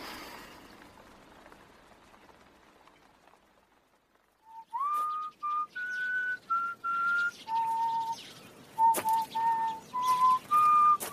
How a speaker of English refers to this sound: I heard your whistle, so I came immediately.